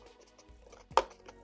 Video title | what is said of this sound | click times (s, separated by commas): Is This $199 Skeleton Horse From Home Depot Actually as NICE as they say? | Slide that in place so you hear the click. | 1.0 s